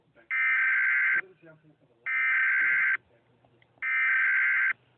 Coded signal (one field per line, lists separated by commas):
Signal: Emergency Alert System (SAME) tones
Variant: header bursts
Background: speech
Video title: EAS alarm.